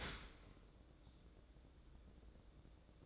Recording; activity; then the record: daily activity, microphone in the room; open dishwasher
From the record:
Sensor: 3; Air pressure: 1012.3 hPa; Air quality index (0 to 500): 150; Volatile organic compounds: 2 ppm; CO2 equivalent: 1152 ppm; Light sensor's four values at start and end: 529/1300/537/532 and 522/1281/529/523